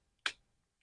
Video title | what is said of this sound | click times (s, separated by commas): 3 Meter Fox Sailplane Tips: Solo launch mode, field assembly and prop replacement | and we just pull this forward till it clicks | 0.3 s